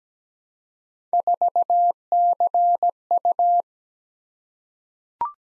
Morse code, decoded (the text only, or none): 4CU